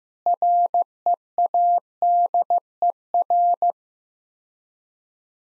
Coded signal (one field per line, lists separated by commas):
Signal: Morse code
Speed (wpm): 15 wpm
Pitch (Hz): 700 Hz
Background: none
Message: READER